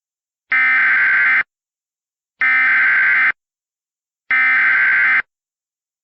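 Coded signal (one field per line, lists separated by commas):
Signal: Emergency Alert System (SAME) tones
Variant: header bursts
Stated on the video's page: Remade alerts using valid EAS tones, recreating Flash Flood Emergency alerts for Michigan dam failures.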